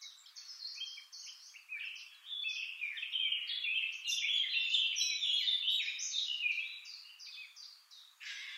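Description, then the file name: Eurasian blackcap singing a fast, jumbled warble of chattering and whistled notes that swells into a rich, loud phrase, then drops off, with a brief burst near the end. "Sylvia atricapilla"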